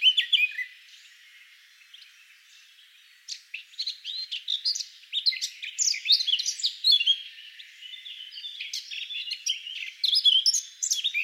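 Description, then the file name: Eurasian blackcap singing quick, jumbled warbling phrases of high chirps and twitters, starting briefly, pausing, then running on almost continuously. "Sylvia atricapilla"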